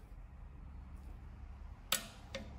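A click-type torque wrench set to 22 foot-pounds tightens an upper or lower intake manifold bolt on a Ford Ranger during installation of the manifold and gaskets. After low, steady background noise, the wrench gives a sharp metallic click at 1.9 s, followed by a fainter secondary tick at about 2.4 s, confirming the bolt has reached the set torque.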